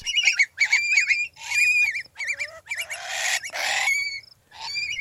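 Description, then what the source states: Long-billed curlews screeching: loud, harsh, wavering cries that rise and fall, in bursts with short pauses. Adult curlews screeching in nest defence, dive-bombing would-be predators; the screeching signals other curlews in the area to join the defence (mobbing).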